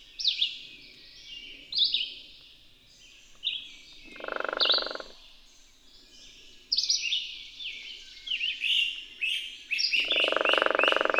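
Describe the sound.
Bird chirps and sliding high notes in irregular bursts, with two loud, lower rattling bursts, one midway and one at the end.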